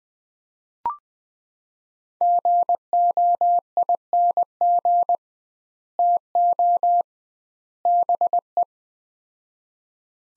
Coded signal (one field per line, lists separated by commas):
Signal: Morse code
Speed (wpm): 20 wpm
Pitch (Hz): 700 Hz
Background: none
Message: GOING TO BE